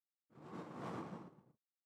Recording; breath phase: one breath near a microphone; exhalation